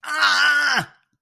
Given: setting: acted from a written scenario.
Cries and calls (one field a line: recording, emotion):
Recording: vocal sound without words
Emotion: pain